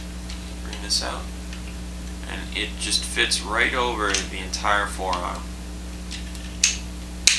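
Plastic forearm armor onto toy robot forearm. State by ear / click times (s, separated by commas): seated / 7.3 s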